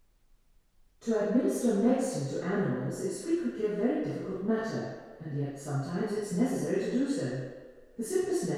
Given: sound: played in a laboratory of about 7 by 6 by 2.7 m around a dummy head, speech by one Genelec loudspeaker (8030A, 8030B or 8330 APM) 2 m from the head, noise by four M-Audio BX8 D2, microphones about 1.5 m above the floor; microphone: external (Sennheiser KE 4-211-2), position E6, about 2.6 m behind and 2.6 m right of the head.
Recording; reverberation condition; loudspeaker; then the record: female speech in English; high; 150 degrees to the right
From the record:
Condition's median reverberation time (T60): about 1300 ms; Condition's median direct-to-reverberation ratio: about -4.0 dB